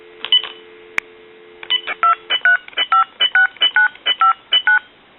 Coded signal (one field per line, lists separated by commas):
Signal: DTMF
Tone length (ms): 130 ms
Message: 2356959